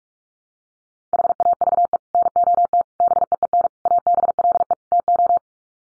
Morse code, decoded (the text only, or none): HAVE NOT BEEN ABLE TO